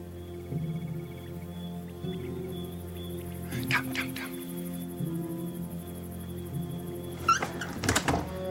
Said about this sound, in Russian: Стучит в дверь соседу Норы.